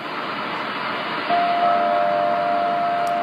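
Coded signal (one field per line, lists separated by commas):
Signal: radio time signal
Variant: WWV and WWVH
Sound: shortwave hiss, then a steady mid-pitch tone with a fainter higher tone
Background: radio static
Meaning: Two different tones at once mean both WWV and WWVH are being received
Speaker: you hear those two tones two different audio tones at the same time that means both WWV and wwvh are coming in on this frequency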